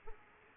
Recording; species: mosquito wingbeat signal from an infrared sensor; Aedes aegypti